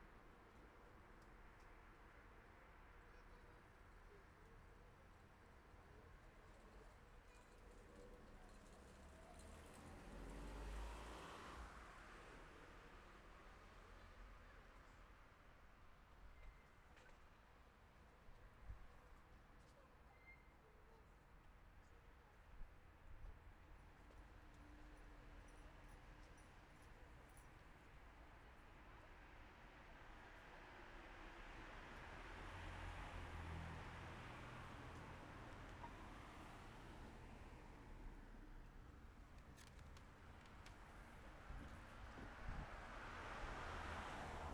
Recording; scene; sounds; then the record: everyday scene through a hearing-aid microphone; in traffic; traffic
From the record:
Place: city secondary road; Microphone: behind the ear, left, rear